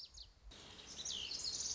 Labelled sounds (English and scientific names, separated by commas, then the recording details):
Lazuli Bunting (Passerina amoena)
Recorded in Sonoma County, California